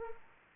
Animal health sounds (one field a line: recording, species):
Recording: mosquito wingbeat signal from an infrared sensor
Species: Anopheles arabiensis